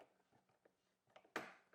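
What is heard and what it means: Backing the Phillips-head headlight aim adjuster screw out to the left on an E46 headlight, whose adjuster top is threaded and broken, gives a few faint ticks and then one sharp, distinct click at 1.4 s. That click is the plastic adjuster bracket in the headlight housing being pushed all the way out and releasing.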